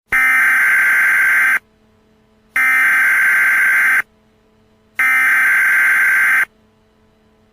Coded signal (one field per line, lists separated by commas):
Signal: Emergency Alert System (SAME) tones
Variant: header bursts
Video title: EAS Scenario - 48 hours until impact